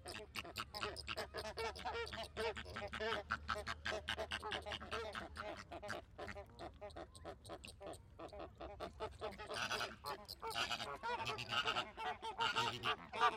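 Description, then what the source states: Flamingo flock honking, a continuous jumble of overlapping nasal calls, rougher and more hissing in the later part, over a faint low hum in the first part. Flamingos in a zoo park.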